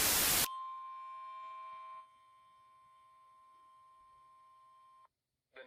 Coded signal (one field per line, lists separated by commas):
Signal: Emergency Alert System (SAME) tones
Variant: 1050 Hz attention tone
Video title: ADRENALINE: 4 2 0| EAS Alerts from June 29th, 2023